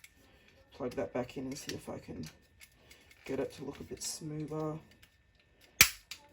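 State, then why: Seated. Someone talks while pushing a removable plastic leg armor panel back onto the leg of a Hot Toys MMS 543 D33 Iron Man Mark 85 battle damaged version action figure, because the seam had been missed. The panel snaps home with a sharp, loud click at 5.8 s, followed by a faint tick. Once it clicks, the panel is seated and the seams line up.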